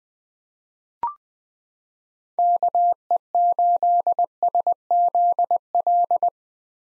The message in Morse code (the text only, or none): KE8SZL